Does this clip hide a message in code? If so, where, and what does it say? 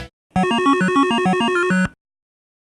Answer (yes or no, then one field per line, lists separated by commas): no